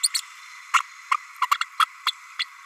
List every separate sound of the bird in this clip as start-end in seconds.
0.03-0.08, 0.14-0.21, 0.73-0.80, 1.11-1.14, 1.41-1.47, 1.51-1.55, 1.60-1.64, 1.79-1.85, 2.06-2.12, 2.39-2.44